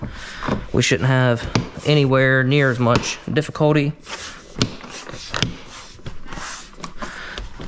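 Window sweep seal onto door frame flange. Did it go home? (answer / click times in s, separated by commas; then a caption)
yes / 4.6 s, 5.4 s. Someone talks while a window sweep strip on a 2011–2020 Jeep Grand Cherokee (WK2) is lined up and pressed down onto the door frame metal flange. Its clips snap into place with sharp pops at 4.6 s and 5.4 s, and the strip ends up seated.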